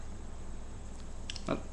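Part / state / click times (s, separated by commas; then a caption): recoil spring assembly into barrel recess / seated / 1.3 s. A Glock handgun's recoil spring assembly is pushed into the small recess at the front and clips against the barrel, seating with a sharp click at 1.3 s. A softer tick follows, then a duller knock around 1.5 s, over a steady low hum.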